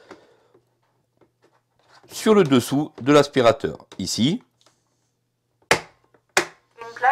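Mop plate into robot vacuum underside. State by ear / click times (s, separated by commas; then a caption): seated / 5.7 s, 6.4 s. A plastic mopping plate for an Ecovacs Deebot 920 Ozmo robot vacuum is guided into its notches and clipped onto the underside of the robot while someone talks. Two sharp clicks at 5.7 s and 6.4 s mark the plate seating. The robot's voice then announces that a cleaning plate has been installed.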